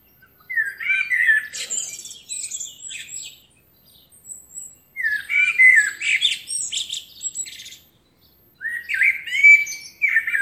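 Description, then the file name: Eurasian blackbird song phrases repeated with short gaps. Each one starts with low, melodious warbling and ends in high, strained squeaky notes. "Turdus merula"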